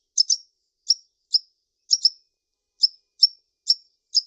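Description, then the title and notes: Bird giving sharp high chirps, singly and in pairs, roughly every half second, with a short pause midway; no other sounds. "Bird Sound. Kicau Burung Lengkap"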